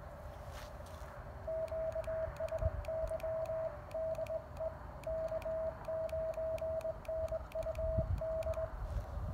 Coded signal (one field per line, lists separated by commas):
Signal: Morse code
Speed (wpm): 20 wpm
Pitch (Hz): 660 Hz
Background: radio noise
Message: QSY DE K9NUD